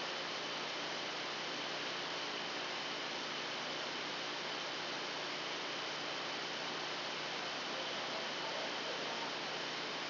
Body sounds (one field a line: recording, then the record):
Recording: brain microelectrode recording played as sound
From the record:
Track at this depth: inside the subthalamic nucleus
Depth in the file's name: 1.513 mm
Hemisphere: left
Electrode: 2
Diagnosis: Parkinson's disease